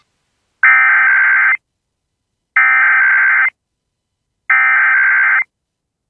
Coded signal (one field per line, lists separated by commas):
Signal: Emergency Alert System (SAME) tones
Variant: header bursts